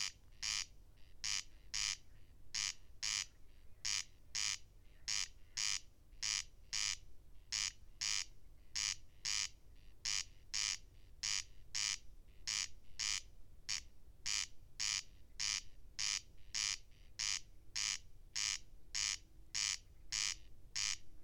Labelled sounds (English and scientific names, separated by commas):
Corn Crake (Crex crex) song